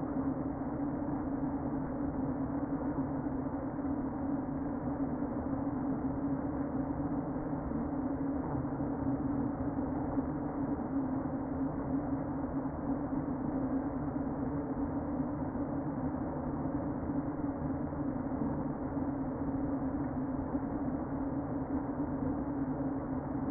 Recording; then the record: honeybee colony, microphone inside the hive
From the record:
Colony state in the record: queen present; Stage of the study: before two queens were removed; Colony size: about 60,000 bees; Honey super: yes